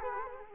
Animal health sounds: mosquito wingbeat signal from an infrared sensor; Culex quinquefasciatus

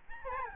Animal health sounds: mosquito wingbeat signal from an infrared sensor; Aedes albopictus

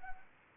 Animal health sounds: mosquito wingbeat signal from an infrared sensor; Anopheles arabiensis

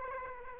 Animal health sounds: mosquito wingbeat signal from an infrared sensor; Aedes aegypti

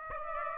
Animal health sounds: mosquito wingbeat signal from an infrared sensor; Aedes aegypti

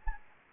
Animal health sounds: mosquito wingbeat signal from an infrared sensor; Anopheles gambiae

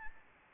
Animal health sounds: mosquito wingbeat signal from an infrared sensor; Aedes albopictus

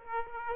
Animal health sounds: mosquito wingbeat signal from an infrared sensor; Aedes aegypti

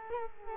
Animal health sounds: mosquito wingbeat signal from an infrared sensor; Culex quinquefasciatus

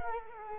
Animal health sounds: mosquito wingbeat signal from an infrared sensor; Culex quinquefasciatus

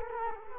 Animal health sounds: mosquito wingbeat signal from an infrared sensor; Culex quinquefasciatus

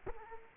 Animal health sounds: mosquito wingbeat signal from an infrared sensor; Culex quinquefasciatus

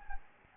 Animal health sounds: mosquito wingbeat signal from an infrared sensor; Anopheles gambiae

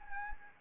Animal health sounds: mosquito wingbeat signal from an infrared sensor; Anopheles arabiensis

